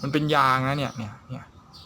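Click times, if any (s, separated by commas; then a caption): none. Someone talks while the rubber clamp on the arm of a geared display base is being closed onto a 1/10 scale Blokees Kamen Rider Kuuga Ultimate Form figure. The speech is loud for the first second, then fades to quieter handling noise. The clip ends before the clamp locks, so nothing has seated or clicked yet.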